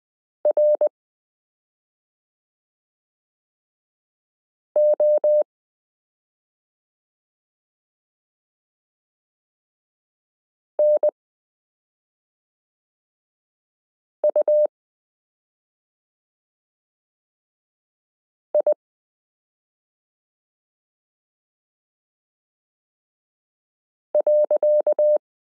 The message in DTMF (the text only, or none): none